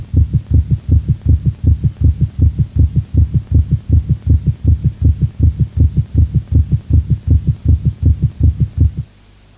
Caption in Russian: Пароксизмальная тахикардия аускультативно проявляется большой частотой сердечных сокращений, обычно более 150 ударов в минуту, при сохранении правильного ритма. Громкость тонов обычно повышена, однако различить первый и второй тоны бывает крайне сложно. У больного ишемической болезнью сердца в момент пароксизма наджелудочковой тахикардии.